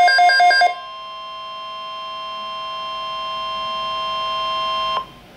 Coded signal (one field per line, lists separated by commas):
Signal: Emergency Alert System (SAME) tones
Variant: 1050 Hz attention tone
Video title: Severe Thunderstorm Watch #91 [EAS #172] 4/10/13